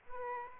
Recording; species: mosquito wingbeat signal from an infrared sensor; Aedes aegypti